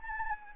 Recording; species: mosquito wingbeat signal from an infrared sensor; Anopheles arabiensis